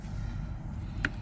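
A brake pad wear sensor wire on a BMW 1 Series rear brake is pushed into a plastic retaining clip over a low, steady background rumble. A single short, sharp click at 1.0 s marks the wire seating in the clip.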